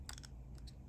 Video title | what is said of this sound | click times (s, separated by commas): How to insert the battery into your WOLFANG GA200 24MP 4K Action Camera | and then I'm just going to kind of smush it you're going to hear a click | 0.1 s